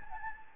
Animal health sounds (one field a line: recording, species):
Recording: mosquito wingbeat signal from an infrared sensor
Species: Anopheles gambiae